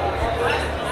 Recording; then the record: background sound without coughing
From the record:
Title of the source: CITY SOUNDS Busy Bar in the Evening Night - 2 HOURS of Ambiance for Relaxation